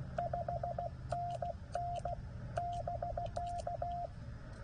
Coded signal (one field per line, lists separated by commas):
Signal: Morse code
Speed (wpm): 15 wpm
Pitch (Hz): 700 Hz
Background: radio noise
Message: 5NN <BK>